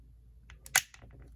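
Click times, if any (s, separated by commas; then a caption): 0.8 s. A screwdriver is worked behind a stubborn metal weight inside a model locomotive's plastic shell, slowly prying it up. After a few faint scrapes and ticks, the weight pops free with a sharp, bright snap at 0.8 s, followed by quieter ticks as it loosens. Someone talks.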